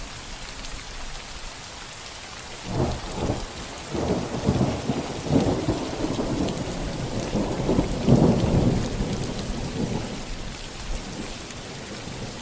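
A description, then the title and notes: Gentle rain hisses steadily while low rolling thunder rumbles in waves from about three to nine seconds, then fades back to rain. Storm (X-men Ambience) w/Rolling Thunder and Gentle Rain. This audio features rain and thunder.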